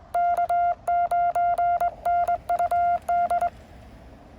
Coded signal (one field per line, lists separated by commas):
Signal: Morse code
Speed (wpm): 20 wpm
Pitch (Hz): 690 Hz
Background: none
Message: K9NUD